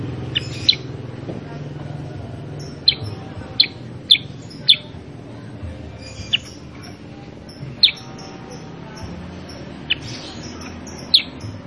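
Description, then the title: Sooty-headed bulbul giving short, sharp, high chirps, scattered throughout over a low background hum. Kutilang sutra cage-bird recording used as masteran, a training tape for other kept bulbuls, featuring a super 'gacor' bird that sings continuously to provoke replies. "Masteran Kutilang Sutra. Kutilang Sutra mana YANG GAK NYAUT dan IKUT BUNYI GACOR dengan suara Kutilang Sutra Super GACOR Ini"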